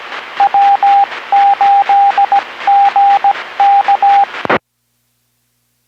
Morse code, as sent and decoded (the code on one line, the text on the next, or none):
.-- ---.. --. -.-
W8GK